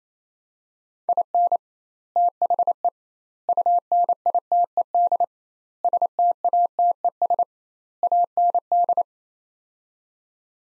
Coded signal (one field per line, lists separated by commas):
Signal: Morse code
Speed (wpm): 28 wpm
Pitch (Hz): 700 Hz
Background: none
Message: IN THE UNITED STATES AND